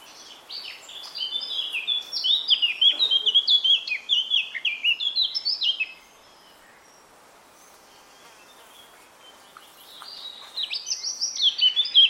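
Eurasian Blackcap song: a long, fast, chattering warble lasting about five seconds, a pause of several seconds, then another bright warbled phrase begins.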